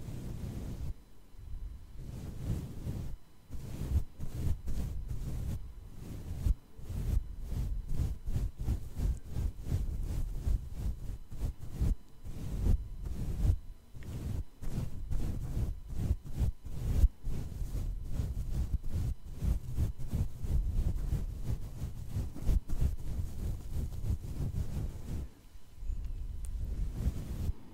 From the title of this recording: Face Brushing (With Brushing Sounds!! + Breathing sounds)